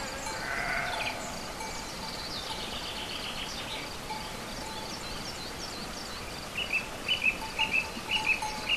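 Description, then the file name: Sheep bleating once near the start, followed by quieter twittering and then a run of quick, bright bird chirps toward the end. Sheep together with birds at a farm ('chez le maitre') on 29 April 2011. "oiseaux moutons chez le maitre 29 04 11"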